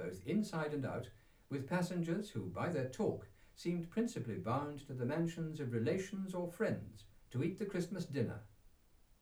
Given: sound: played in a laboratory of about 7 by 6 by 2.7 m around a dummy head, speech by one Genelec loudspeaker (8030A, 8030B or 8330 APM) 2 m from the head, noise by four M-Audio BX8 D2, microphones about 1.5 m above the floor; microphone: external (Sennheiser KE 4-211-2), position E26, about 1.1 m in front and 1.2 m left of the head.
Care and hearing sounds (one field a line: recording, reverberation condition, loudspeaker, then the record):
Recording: male speech in English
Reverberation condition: low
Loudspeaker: behind (180 degrees)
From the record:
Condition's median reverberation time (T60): about 310 ms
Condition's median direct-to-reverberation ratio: about 3.5 dB